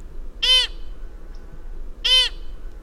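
Pika calls: two short nasal squeaky bleats, rich in harmonics, about one and a half seconds apart, with quiet background between.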